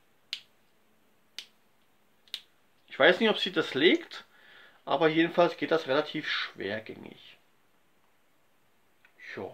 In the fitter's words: jedenfalls muss man kräftig drauf drücken dann macht klick hört mal